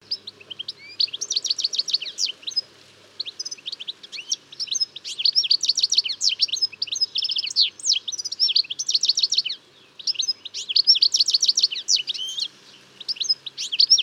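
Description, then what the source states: European goldfinch song, a lively jumble of quick high twitters and buzzy notes delivered in long runs with occasional short breaks. Song of a male; species seen around houses.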